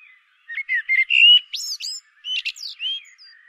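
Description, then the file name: Common blackbird song, a busy phrase of short fluty whistles and slurred notes, some sliding upward, with thin high squeaky notes mixed in. "Turdus merula"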